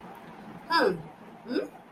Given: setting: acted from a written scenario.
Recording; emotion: vocal sound without words; serenity